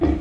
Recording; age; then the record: pig call; growing-finishing pig (85 days or more)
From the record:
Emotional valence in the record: negative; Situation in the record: barren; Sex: female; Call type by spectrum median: low-frequency call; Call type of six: low-frequency stable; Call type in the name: low-frequency stable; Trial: 2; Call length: 0.20 s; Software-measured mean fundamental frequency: 42 Hz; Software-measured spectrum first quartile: 103 Hz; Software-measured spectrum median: 270 Hz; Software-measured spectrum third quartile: 374 Hz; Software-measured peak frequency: 322 Hz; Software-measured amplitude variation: 145 dB a second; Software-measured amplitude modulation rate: 21.9 a second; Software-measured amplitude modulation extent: 6.6 dB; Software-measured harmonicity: 2.7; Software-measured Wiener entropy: -1.06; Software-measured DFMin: 641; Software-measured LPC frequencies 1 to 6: 347, 1924, 3350, 4088, 4977, 5939 Hz